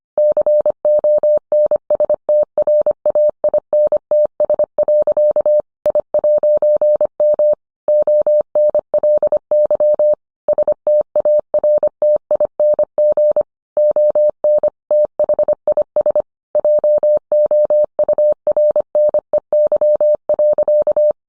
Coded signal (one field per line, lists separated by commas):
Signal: Morse code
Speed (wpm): 25 wpm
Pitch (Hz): 600 Hz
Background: none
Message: CONSTRAINTS. I'M ONLY STARTING ON THIS JOURNEY.